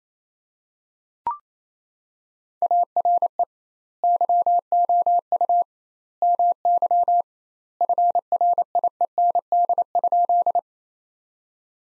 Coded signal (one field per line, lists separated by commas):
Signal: Morse code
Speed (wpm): 28 wpm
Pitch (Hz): 700 Hz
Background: none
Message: ARE YOU MY FRIEND?